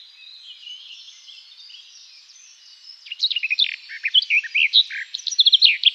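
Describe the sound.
Garden warbler singing: a soft hiss for the first half, then a brisk, tumbling warble of varied notes.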